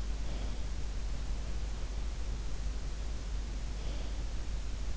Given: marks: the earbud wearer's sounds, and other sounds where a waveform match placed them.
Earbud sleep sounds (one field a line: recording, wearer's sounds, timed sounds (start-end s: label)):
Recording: sounds in sleep by an in-ear microphone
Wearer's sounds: breath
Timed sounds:
0.27-0.72 s: breath
3.69-4.28 s: breath